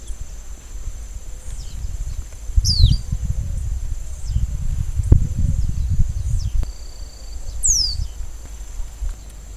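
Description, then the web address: Copper seedeater giving two strong high whistles that fall steeply in pitch, several seconds apart, amid faint chips and a low rumbling, wind-like background. "sound Copper-seedeater. صدای-پرنده-دانه-خوار-مسی"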